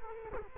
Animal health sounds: mosquito wingbeat signal from an infrared sensor; Culex quinquefasciatus

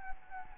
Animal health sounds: mosquito wingbeat signal from an infrared sensor; Anopheles gambiae

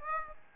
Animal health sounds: mosquito wingbeat signal from an infrared sensor; Aedes albopictus

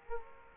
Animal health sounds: mosquito wingbeat signal from an infrared sensor; Culex quinquefasciatus

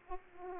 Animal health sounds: mosquito wingbeat signal from an infrared sensor; Aedes aegypti

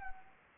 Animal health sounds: mosquito wingbeat signal from an infrared sensor; Anopheles arabiensis

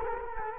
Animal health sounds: mosquito wingbeat signal from an infrared sensor; Culex quinquefasciatus

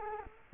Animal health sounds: mosquito wingbeat signal from an infrared sensor; Culex quinquefasciatus

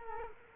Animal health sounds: mosquito wingbeat signal from an infrared sensor; Culex quinquefasciatus

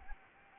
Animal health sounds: mosquito wingbeat signal from an infrared sensor; Anopheles gambiae

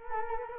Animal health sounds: mosquito wingbeat signal from an infrared sensor; Culex quinquefasciatus

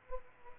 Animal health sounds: mosquito wingbeat signal from an infrared sensor; Culex pipiens

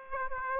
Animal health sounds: mosquito wingbeat signal from an infrared sensor; Aedes aegypti

